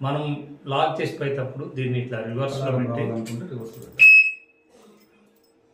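A police officer demonstrating a digital security lock handles the lock's shackle/bolt, inserting it in reverse into its lock body so it will lock, while someone talks. A short, bright tone rings near 4.0 s, then the clip quiets; nothing has seated or clicked yet.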